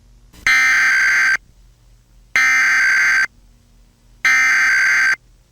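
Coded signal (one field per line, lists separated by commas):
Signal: Emergency Alert System (SAME) tones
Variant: header bursts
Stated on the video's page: Fictional scenario about a comet impact using valid alert tones assembled from others' clips.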